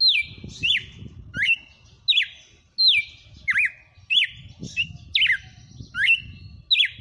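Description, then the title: Red-cowled cardinal song of bright, slurred whistles, each dipping and rising, delivered in a quick repeated rhythm of roughly three phrases every two seconds, with soft low background noise. Female bird, singing. "Canto Galo Campina Fêmea. Galo de campina cantando. FENRIR"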